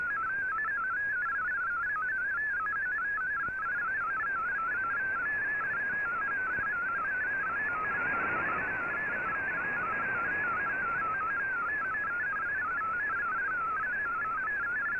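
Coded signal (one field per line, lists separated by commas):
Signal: multi-tone FSK (Olivia or MFSK type)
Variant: MFSK16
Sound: rapid burbling single tone hopping among many close pitches, steady throughout, over hiss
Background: radio static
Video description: Here is my decode of the Shortwave Radiogram broadcast today on 15770Khz shortwave radio at 1300UTC in MFSK16, 32 and 64 and with 10 SSTV images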